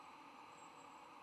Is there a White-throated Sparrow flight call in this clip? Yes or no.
no